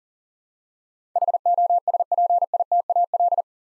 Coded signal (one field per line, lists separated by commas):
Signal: Morse code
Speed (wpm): 40 wpm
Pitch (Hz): 700 Hz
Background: none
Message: HOSPITAL